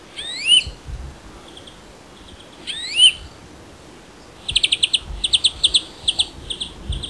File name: Chloris chloris